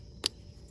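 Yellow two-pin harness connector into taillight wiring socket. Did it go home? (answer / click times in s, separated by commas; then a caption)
yes / 0.3 s. A yellow two-pin plastic connector from a Hopkins 43690 taillight trailer light converter is plugged into the taillight wiring socket of a Nissan Pathfinder. A single sharp snap sounds at 0.3 s (0.26 s) over a low background hum. The connector seats fully home.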